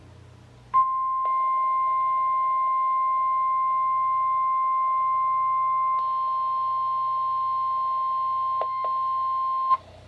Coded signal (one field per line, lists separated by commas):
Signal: Emergency Alert System (SAME) tones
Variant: 1050 Hz attention tone